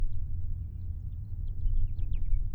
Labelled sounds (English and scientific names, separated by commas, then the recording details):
House Finch (Haemorhous mexicanus) song
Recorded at Oak Beach on Long Island, New York, on 21 May 1975
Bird B